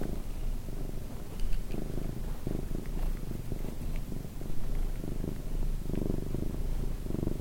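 Cat purr: a deep, even rumble pulsing in slow breathing cycles, with a few light ticks.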